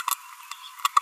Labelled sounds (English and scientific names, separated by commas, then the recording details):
Green-rumped Parrotlet (Forpus passerinus) babbling
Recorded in a nest box in Venezuela
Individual 18B25A3